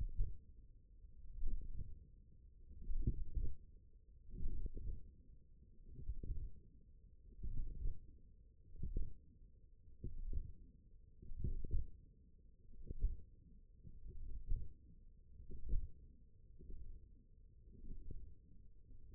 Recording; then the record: forearm muscle sounds (acoustic myography)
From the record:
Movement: wrist extension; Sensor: system 1, eight BSWA MPA416 microphones around the upper forearm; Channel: 7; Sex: female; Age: 22 years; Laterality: right